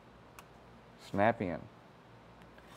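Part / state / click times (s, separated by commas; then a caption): actuator harness plug into mating connector / seated / 0.4 s. A Detroit Speed electric headlight door kit actuator's wiring harness plug on a 1968–1969 Camaro RS Rally Sport is pushed into its mating connector under the car, and it snaps in with a short, sharp click at 0.4 s. Someone then talks briefly as the connector sits seated in a tight, factory-type connection, with a couple of faint ticks near the end.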